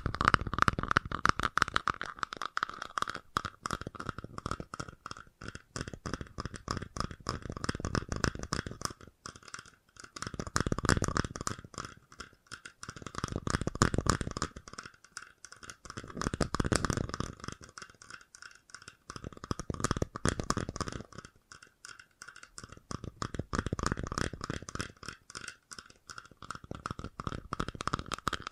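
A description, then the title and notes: Fast, dense tapping runs in bursts a few seconds long with short pauses between, each tap crisp and crunchy over a low rumbling thud. FAST TAPPING (No Talking).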